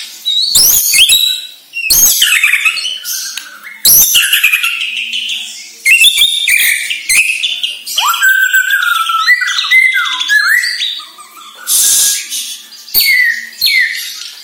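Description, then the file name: White-rumped shama song: a dense, loud medley of whistles, chattering notes, downward slurs and sharp clicks, nearly continuous throughout. Borneo; lure recording used to make birds sing actively ('gacor'). "Sara Pancingan Murai Batu Borneo Agar Gacor Dor"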